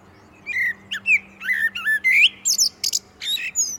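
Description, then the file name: Common blackbird song: a string of rich fluting whistles that gives way to high, scratchy chattering notes, with a faint steady low hum behind. "Turdus merula"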